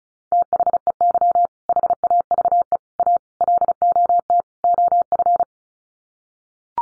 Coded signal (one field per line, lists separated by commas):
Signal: Morse code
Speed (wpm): 34 wpm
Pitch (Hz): 700 Hz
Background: none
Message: THEY HAVE A LOT OF